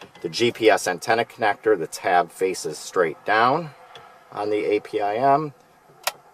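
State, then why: Seated. Someone talks, then the GPS antenna connector is pushed with its tab facing straight down into the APIM navigation/infotainment module of a 2016–2018 Ford Edge being fitted with SYNC 3 factory navigation. A single sharp click at 6.1 s marks the connector seating.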